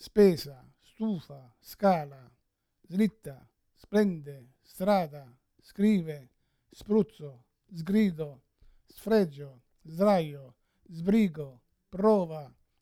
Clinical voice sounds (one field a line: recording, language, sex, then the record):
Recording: read list of words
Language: Italian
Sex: male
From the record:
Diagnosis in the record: Parkinson's disease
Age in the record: 71 years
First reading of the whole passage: 60 s, 8.7 characters per second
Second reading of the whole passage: 57 s, 9.1 characters per second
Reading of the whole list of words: 54 s, 5.3 characters per second